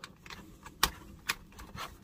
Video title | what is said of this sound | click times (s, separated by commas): Deluxe Baldwin Reviews Pulse Exclusive Shattered Glass Jetfire! (Asian Release) | move these down and they will snap into place as well | 0.8 s